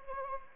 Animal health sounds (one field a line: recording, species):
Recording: mosquito wingbeat signal from an infrared sensor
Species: Anopheles arabiensis